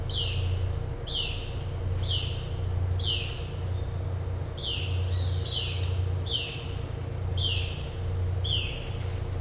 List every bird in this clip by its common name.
Violaceous Jay